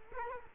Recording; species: mosquito wingbeat signal from an infrared sensor; Culex quinquefasciatus